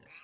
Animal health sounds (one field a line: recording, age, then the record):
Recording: pig call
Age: piglet (1 to 25 days)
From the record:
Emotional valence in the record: positive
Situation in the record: reunion after long isolation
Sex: female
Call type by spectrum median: high-frequency call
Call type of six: mixed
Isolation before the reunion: 8 minutes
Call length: 0.24 s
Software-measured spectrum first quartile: 2079 Hz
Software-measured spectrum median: 2931 Hz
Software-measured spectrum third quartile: 5169 Hz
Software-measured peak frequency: 2530 Hz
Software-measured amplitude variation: 110 dB a second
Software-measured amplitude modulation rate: 14.6 a second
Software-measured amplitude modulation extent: 7.6 dB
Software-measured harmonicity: 1.9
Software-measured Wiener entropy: -1.85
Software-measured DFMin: 753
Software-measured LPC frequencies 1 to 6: 812, 1484, 2539, 3928, 4754, 5856 Hz